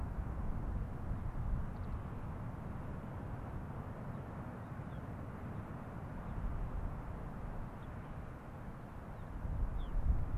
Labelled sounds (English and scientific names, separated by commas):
Arctic Fox (Vulpes lagopus)